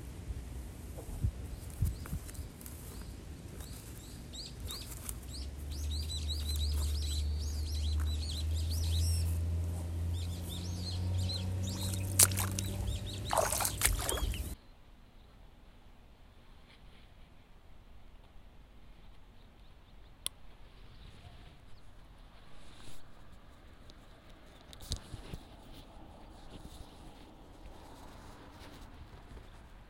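Seedlings are pulled and bundled with straw amid chirping birds, scattered rustles and snaps, and a low steady drone from about 5 to 14 seconds. Near 15 seconds it cuts abruptly to quiet, sparse rustling with an occasional sharp click.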